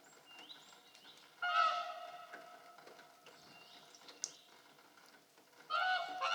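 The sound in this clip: Whooper swan calls: two short trumpeting honks, one early and one at the end, with faint chirps and quiet background sound between them.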